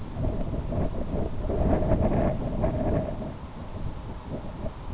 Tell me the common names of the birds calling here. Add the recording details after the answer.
none. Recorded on Arctic tundra, site IGLO-B, on 24 June 2018. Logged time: 01:59